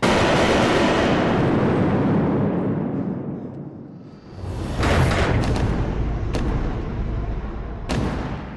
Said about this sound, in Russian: За углом слышны выстрелы.